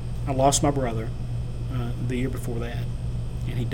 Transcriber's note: none